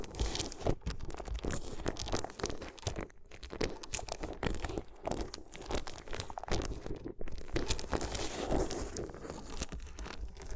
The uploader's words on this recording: ASMR If You Had Paper Ears (No Talking).